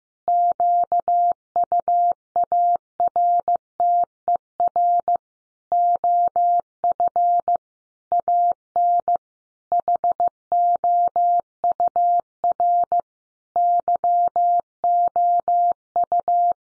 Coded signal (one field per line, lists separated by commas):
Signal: Morse code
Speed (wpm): 15 wpm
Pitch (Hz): 700 Hz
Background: none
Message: QUARTER OF AN HOUR YOU